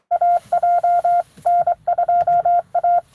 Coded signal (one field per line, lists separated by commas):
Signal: Morse code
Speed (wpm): 23 wpm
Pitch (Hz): 700 Hz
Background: none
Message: AJ N2A